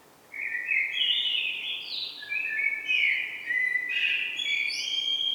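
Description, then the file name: Common blackbird singing varied warbled phrases, with higher squeaky notes toward the end. "Turdus merula"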